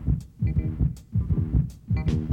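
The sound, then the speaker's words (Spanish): A frog's heartbeat: low, throbbing thumps pulsing in a steady rhythm, about three beats with a soft hum between them, and no voices. “Oigamos si una rana tiene buen corazón.”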